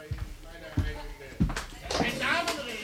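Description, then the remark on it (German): Four dull, low knocks on a door, spaced a little over half a second apart, followed by a soft rustle and muffled background noise. “Hat es noch nicht geklopft? Schauen Sie mal nach, wer da ist.”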